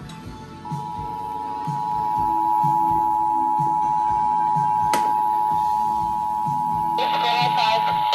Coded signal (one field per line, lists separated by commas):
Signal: Emergency Alert System (SAME) tones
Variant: 853 and 960 Hz attention tone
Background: music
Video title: Week of Required Monthly Tests EAS in Washington State(3-8-2021 ~ 3-12-2021)